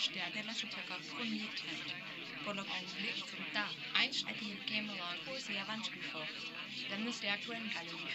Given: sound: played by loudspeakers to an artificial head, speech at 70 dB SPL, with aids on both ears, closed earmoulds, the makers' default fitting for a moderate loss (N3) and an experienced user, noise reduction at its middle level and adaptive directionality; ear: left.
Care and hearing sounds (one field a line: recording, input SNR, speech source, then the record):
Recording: speech test signal (ISTS) in cocktail-party noise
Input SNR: +3 dB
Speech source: in front (0 degrees)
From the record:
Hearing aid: class 1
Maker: D